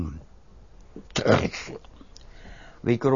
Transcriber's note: she clears her throat